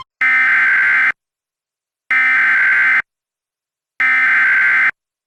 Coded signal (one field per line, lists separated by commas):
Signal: Emergency Alert System (SAME) tones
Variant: header bursts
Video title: EAS Reenactment Mock: Severe Thunderstorm near Canyon Lake - JUL 31, 2020